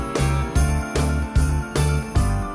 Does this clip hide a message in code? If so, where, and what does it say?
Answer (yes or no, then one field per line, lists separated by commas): no